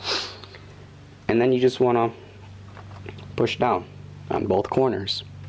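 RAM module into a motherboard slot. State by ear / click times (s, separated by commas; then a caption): not seated / none. A RAM module is handled over a motherboard slot, ready to be pushed down on both corners to seat it, while someone talks and faint handling taps are heard. Nothing has seated or clicked yet.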